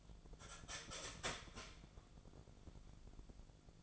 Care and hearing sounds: daily activity, microphone in the room; start toaster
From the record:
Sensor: 5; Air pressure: 1000.3 hPa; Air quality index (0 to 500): 134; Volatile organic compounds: 2 ppm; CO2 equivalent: 1057 ppm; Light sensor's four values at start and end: 77/180/77/82 and 77/179/76/82

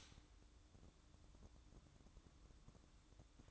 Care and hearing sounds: daily activity, microphone in the room; stop toaster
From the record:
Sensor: 3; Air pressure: 1007.3 hPa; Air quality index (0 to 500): 54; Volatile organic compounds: 1 ppm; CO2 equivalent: 593 ppm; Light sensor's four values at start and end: 7/17/7/7 and 7/17/7/7

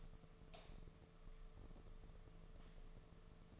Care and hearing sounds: daily activity, microphone in the room; light on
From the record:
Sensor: 4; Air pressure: 1015.6 hPa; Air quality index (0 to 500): 181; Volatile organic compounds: 8 ppm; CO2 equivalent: 2092 ppm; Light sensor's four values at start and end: 22/53/22/24 and 23/56/24/26

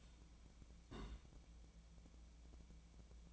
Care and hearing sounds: daily activity, microphone in the room; place on stove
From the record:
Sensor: 1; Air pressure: 1010.0 hPa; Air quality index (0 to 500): 188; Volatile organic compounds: 17 ppm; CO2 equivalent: 2579 ppm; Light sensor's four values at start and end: 37/95/40/48 and 37/95/40/49

